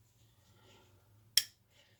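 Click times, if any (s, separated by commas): 1.4 s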